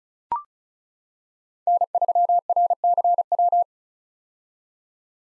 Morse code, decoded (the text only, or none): N3RCW